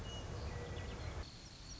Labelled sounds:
Western Meadowlark
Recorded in Sonoma County, California

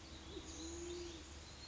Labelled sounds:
Band-tailed Pigeon
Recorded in Sonoma County, California

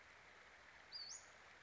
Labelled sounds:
Western Flycatcher
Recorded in Sonoma County, California

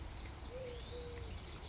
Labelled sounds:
Eurasian Collared Dove
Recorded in Sonoma County, California

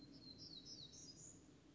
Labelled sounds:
Black-throated Gray Warbler
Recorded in Sonoma County, California

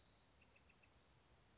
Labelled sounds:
Bewick's Wren
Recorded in Sonoma County, California

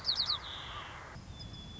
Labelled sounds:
White-crowned Sparrow
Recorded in Sonoma County, California

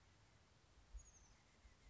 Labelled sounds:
Oak Titmouse
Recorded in Sonoma County, California

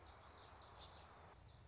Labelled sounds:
Common Yellowthroat
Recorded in Sonoma County, California

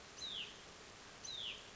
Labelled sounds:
Hutton's Vireo
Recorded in Sonoma County, California

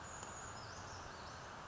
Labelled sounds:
Brown Creeper
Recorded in Sonoma County, California

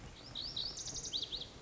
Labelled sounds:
Lazuli Bunting
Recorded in Sonoma County, California

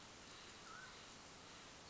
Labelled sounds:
Mountain Quail
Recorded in Sonoma County, California

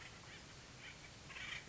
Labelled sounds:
Acorn Woodpecker
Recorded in Sonoma County, California

